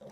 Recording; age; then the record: pig call; piglet (1 to 25 days)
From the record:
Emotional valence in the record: negative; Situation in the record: short isolation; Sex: male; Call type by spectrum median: low-frequency call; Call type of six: low-frequency tonal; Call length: 0.12 s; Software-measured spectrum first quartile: 290 Hz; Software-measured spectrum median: 516 Hz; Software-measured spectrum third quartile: 753 Hz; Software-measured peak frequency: 540 Hz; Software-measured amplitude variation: 89 dB a second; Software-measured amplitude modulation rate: 8.5 a second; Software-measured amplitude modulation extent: 10.4 dB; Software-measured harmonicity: 4.2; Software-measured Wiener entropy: -0.06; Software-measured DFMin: 901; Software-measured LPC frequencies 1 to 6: 546, 1912, 3712, 5035, 5911, 6615 Hz